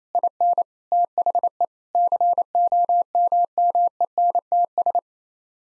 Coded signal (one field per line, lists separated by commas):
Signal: Morse code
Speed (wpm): 28 wpm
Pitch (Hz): 700 Hz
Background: none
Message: IN THE COMMENTS